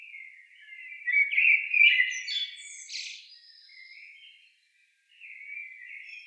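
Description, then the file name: Eurasian blackbird singing a mellow, wandering warble that climbs into a thin, scratchy flourish, then trails off into softer fluting, broken by a brief pause. "Turdus merula"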